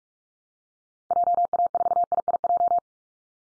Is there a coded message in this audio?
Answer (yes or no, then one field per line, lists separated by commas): yes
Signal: Morse code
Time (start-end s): 1.1-2.8 s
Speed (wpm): 44 wpm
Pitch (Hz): 700 Hz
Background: none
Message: JA4IIJ